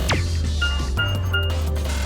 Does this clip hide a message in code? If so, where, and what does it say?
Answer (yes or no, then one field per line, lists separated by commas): no